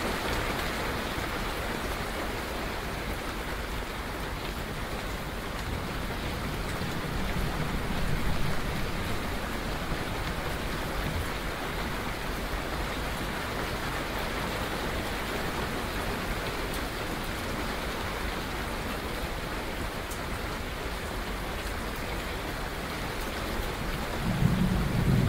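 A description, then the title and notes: Steady, dense rain falls throughout, a continuous hiss with fine patter spread evenly across the lows and mids. The level holds nearly constant, with a slight swell around eight seconds and a brief low rumble near the very end. Rain, thunder sounds of nature.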